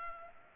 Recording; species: mosquito wingbeat signal from an infrared sensor; Culex pipiens